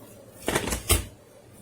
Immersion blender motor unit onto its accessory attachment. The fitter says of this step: As you can see, it locks into place.